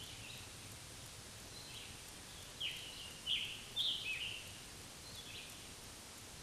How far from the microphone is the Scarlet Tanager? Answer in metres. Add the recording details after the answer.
about 35 m. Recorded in a Pennsylvania forest on 1 June 2023 at 08:06. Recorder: AudioMoth, point grid3_13_high. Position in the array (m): 163 m, 141 m